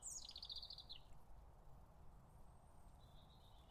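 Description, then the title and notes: European Robin song: one high, quick, descending warbled phrase, then faint thin notes, over a low steady background rumble. Robin singing beside a bridge on a Somerset canal on a lazy September afternoon. "Sound Escape 84: a mellow moment beside a sleepy Somerset canal. It's a lazy September afternoon on a Somerset canal. You've found an enchanted place to rest beside a bridge – where a robin's wistful song sweetens the stillness"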